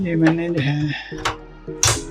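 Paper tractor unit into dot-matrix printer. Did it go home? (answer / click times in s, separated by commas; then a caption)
yes / 1.8 s. With the cover open, a paper-feed tractor unit is pushed into a dot-matrix printer from the inside while someone talks. A sharp lock click sounds at 1.8 s as the unit latches into place on its own, confirming it is seated.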